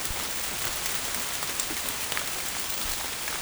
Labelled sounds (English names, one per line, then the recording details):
none
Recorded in dense forest near Puerto Asís, Putumayo, Colombia, on 27 June 2025 at 06:00
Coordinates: 0.503, -76.323
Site G059